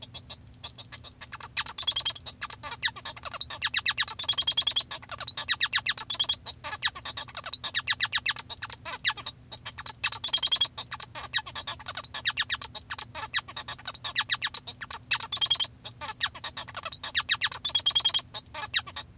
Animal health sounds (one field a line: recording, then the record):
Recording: song of a male Bengalese finch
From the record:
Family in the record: father 1